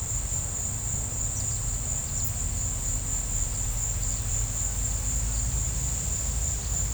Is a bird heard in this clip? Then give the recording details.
no. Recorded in pastures near Puerto Asís, Putumayo, Colombia, on 16 December 2024 at 16:30. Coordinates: 0.472, -76.329. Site G072